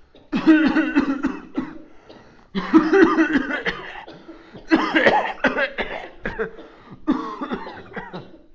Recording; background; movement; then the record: voluntary coughing; a bystander coughing; sitting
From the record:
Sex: male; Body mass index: 21.0 kg/m2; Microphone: on the chest, facing outward